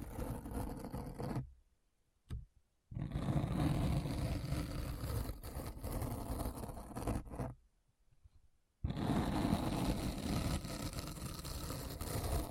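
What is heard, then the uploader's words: A deep, scratchy rumble of dense, grinding noise, heavy in the lows with a rough hiss on top. It cuts abruptly to silence near 1.5 seconds, bursts back briefly, then returns at 3 seconds, and drops out again from about 7.5 to 9 seconds. ASMR Deep Brain Scratch (No Talking).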